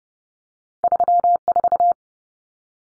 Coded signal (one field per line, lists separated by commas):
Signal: Morse code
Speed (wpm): 30 wpm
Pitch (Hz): 700 Hz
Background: none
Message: 34